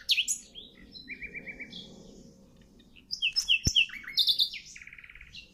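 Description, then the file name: Common nightingale song: rich, varied phrases of whistles, rapid repeated chirps and buzzy trills in two bursts separated by a quieter pause, with a sharp click midway. "Luscinia megarhynchos"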